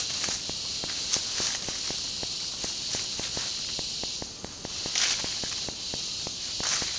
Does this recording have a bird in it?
no